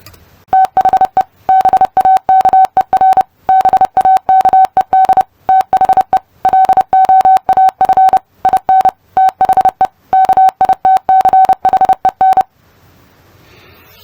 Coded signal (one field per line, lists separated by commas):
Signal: Morse code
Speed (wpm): 28 wpm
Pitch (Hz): 760 Hz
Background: none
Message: THE BAKER BAKED THE LOAF IN THE KITCHEN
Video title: Testing comprehension of morse code. #morsecodepractice #morse #morsecode